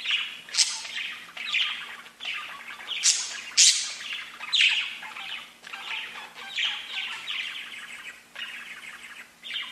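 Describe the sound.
Budgerigar warbling chatter with loud bright chirps in the middle, softening toward the end.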